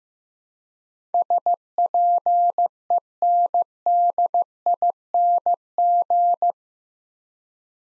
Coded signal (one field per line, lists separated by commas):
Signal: Morse code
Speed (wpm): 15 wpm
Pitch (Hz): 700 Hz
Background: none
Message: SPENDING